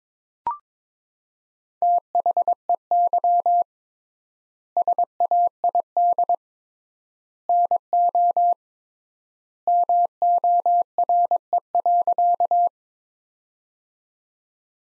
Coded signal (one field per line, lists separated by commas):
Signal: Morse code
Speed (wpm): 22 wpm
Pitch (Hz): 700 Hz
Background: none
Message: THEY SAID NO MORE.